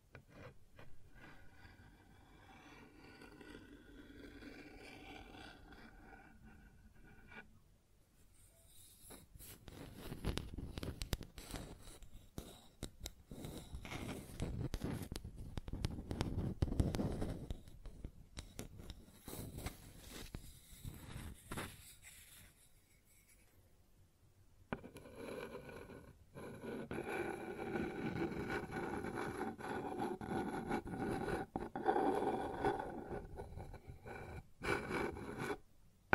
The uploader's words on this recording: ASMR Sounds on Wooden Surface (No Talking).